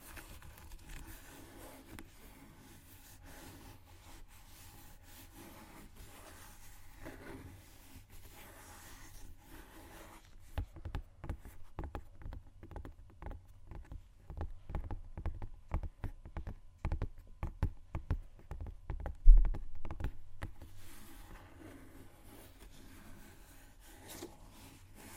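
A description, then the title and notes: Shoes scratch and shuffle faintly over a low steady hum for the first ten seconds. From about 10 to 20 seconds comes a dense run of quick, irregular taps with scraping between them, peaking in one sharp knock near 19 seconds before fading back to soft scuffing. ASMR Shoes Scratching & Tapping（No Talking）.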